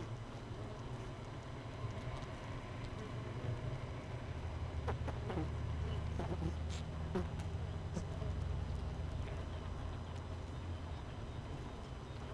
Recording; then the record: honeybee colony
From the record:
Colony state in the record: missing queen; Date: 31 May 2018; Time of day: 5:43